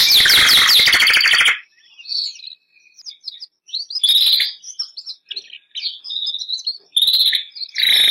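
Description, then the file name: Canary song begins with a loud harsh rattling burst, then softer twitters and short warbled phrases broken by further loud bursts near the end. Bernois canary song. "canto do canario bernois"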